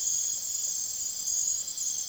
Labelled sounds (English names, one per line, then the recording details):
none
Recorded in secondary vegetation near Puerto Asís, Putumayo, Colombia, on 25 June 2025 at 03:30
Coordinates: 0.489, -76.322
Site G021